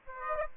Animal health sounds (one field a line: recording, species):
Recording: mosquito wingbeat signal from an infrared sensor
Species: Aedes aegypti